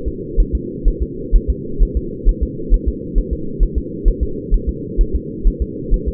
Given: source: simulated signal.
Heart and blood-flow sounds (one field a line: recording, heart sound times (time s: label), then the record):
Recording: fetal heart sounds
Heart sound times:
0.08 s: S2
0.40 s: S1
0.55 s: S2
0.88 s: S1
1.03 s: S2
1.35 s: S1
1.50 s: S2
1.83 s: S1
1.97 s: S2
2.29 s: S1
2.43 s: S2
2.74 s: S1
2.88 s: S2
3.18 s: S1
3.33 s: S2
3.63 s: S1
3.78 s: S2
4.08 s: S1
4.23 s: S2
4.54 s: S1
4.69 s: S2
5.01 s: S1
5.15 s: S2
5.47 s: S1
5.62 s: S2
5.94 s: S1
6.08 s: S2
From the record:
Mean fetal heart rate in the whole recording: 130 bpm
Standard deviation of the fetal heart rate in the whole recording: 4 bpm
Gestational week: 38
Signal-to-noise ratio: -4.3 dB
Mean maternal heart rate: 72 bpm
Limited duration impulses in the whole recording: absent